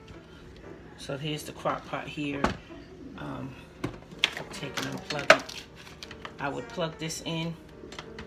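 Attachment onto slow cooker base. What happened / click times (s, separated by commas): The attachment is handled but not yet locked in place / none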